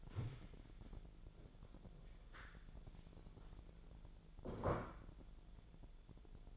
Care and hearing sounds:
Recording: daily activity, microphone in the room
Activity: stand up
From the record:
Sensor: 5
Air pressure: 1000.5 hPa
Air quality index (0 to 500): 150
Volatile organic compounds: 2 ppm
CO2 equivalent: 1164 ppm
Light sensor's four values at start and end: 48/112/47/50 and 48/112/47/50

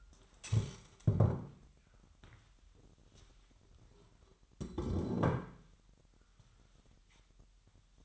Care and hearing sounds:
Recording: daily activity, microphone in the room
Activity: stand up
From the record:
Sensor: 3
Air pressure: 998.5 hPa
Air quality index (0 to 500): 127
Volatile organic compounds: 3 ppm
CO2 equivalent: 1518 ppm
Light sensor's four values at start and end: 9/21/9/9 and 12/27/12/14

